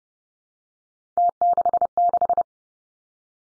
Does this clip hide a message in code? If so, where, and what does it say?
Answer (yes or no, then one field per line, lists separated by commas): yes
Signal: Morse code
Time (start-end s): 1.2-2.4 s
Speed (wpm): 30 wpm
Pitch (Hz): 700 Hz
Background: none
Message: T66